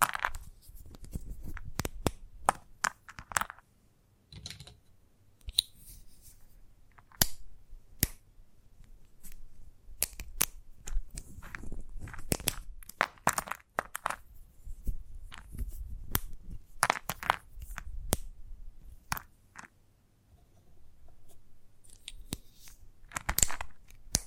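Chalk being tapped, scratched and carved, with sharp clicks and crisp snips arriving irregularly throughout. Short gritty scrapes fill the gaps, denser and busier from about 11 to 18 seconds, with a quieter stretch near 20 seconds before the tapping picks up again.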